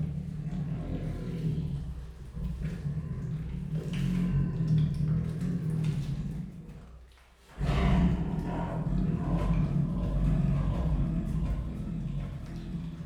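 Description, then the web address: Siberian tiger growling: a deep, continuous rumbling growl with rasping texture that drops away briefly near the middle, then resumes just as heavily until the end. Captive Siberian tigers at Miskolc Zoo, recorded in 2018, growling and rasping while eating; more than one animal indicated. "allathangok miskolcizoo 2018 professzionalis sziberiai tigris morogvahorogveesznek miskolczoo"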